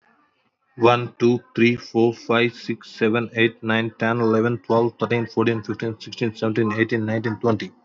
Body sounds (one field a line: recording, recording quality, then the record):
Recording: counting at a fast pace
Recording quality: excellent, no background noise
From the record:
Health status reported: exposed to COVID-19, no respiratory illness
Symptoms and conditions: none ticked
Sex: male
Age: 32 years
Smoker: yes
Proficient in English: yes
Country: India